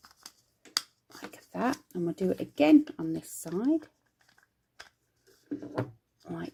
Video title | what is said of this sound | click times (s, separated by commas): 4 HOURS of Zuru Toy Unboxing GREATNESS | And then all of this clips into the side there like that. | 0.8 s